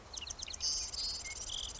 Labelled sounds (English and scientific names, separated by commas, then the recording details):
Marsh Wren (Cistothorus palustris)
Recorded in Sonoma County, California